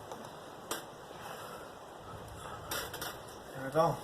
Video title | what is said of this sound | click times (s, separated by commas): Replacing valve cover & spark plug tube seals kit & spark plug wires 2004 Mitsubishi lancer 2.0l | want to hear that click, so you can make sure they're all the way in. There we go. | 0.7 s